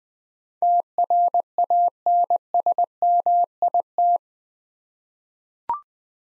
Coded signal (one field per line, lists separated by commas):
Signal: Morse code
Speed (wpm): 21 wpm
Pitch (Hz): 700 Hz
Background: none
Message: TRANSMIT